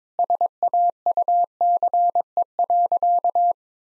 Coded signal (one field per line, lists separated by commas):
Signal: Morse code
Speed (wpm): 22 wpm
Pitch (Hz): 700 Hz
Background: none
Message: SAUCE.